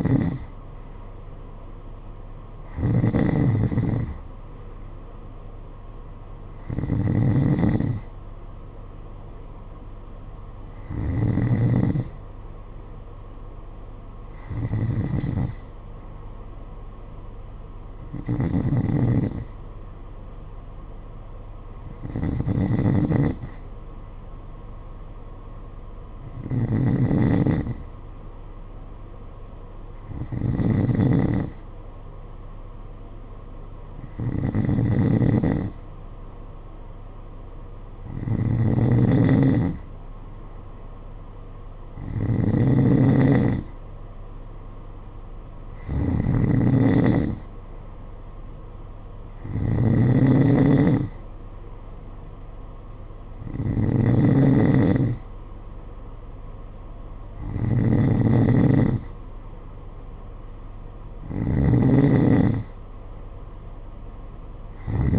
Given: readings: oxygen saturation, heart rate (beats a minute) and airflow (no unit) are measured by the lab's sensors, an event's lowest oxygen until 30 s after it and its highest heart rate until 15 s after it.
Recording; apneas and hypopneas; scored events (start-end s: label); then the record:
breathing in sleep by a smartphone at the bedside; none
none scored
From the record:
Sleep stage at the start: N2 (light sleep); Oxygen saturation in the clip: 91 to 93%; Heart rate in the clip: 51 to 57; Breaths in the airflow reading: 17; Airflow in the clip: -7.6 to 6.5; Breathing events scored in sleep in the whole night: 476 in 9.7 hours asleep